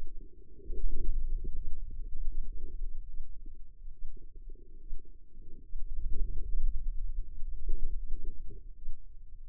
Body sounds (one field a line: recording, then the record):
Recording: forearm muscle sounds (acoustic myography)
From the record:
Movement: hand opening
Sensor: system 2, bracelet of six BSWA MPA416 microphones around the upper forearm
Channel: 1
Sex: female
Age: 25 years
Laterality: right